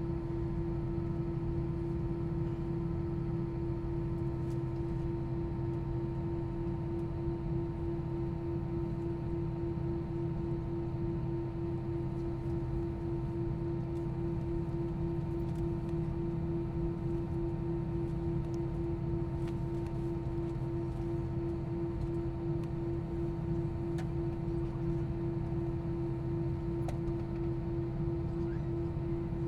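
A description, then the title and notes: A steady, low engine hum fills the cabin of an airplane in flight, with a strong fixed drone and a thick rumble underneath that never lets up. Faint clicks and small rattles surface now and then, especially in the second half. Long Airplane Take-Off, Liverpool — Isle of Man. A long waiting in the airplane from Liverpool to The Isle of Man to take-off, with low engines' humming.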